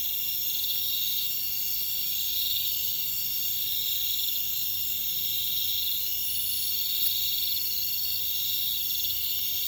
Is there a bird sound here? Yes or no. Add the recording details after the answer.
no. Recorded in pastures near Puerto Asís, Putumayo, Colombia, on 26 December 2024 at 23:30. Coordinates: 0.472, -76.329. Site G072